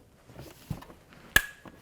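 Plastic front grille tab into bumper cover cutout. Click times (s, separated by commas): 1.4 s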